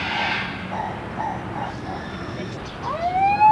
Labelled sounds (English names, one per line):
White-crested Turaco call